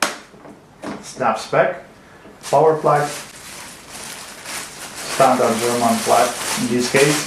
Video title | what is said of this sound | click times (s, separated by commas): Kenwood Cooking Chef "Gourmet" KCC9060S - Unboxing | Inside we have the coverage which goes here, snaps | 0.0 s